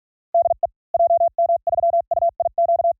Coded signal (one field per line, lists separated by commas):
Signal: Morse code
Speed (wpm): 48 wpm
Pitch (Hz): 680 Hz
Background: none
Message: DE JM3UIQ